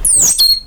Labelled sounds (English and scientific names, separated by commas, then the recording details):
Stitchbird (Notiomystis cincta) song
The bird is a male
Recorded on Tiritiri Matangi Island, New Zealand, in 2005
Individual 22, of nest box 31